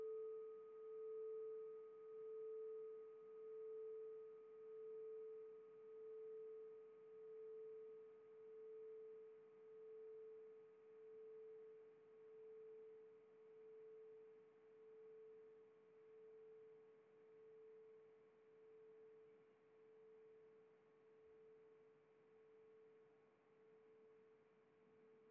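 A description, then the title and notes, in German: A singing bowl rings on a steady A 440 Hz tone, with a faint higher overtone above it. The sound slowly decays across the clip, with a gentle, regular wavering in loudness about once a second. A soft hiss sits underneath throughout. Klangschale A 440 hz ca. alle 48 Sekunden.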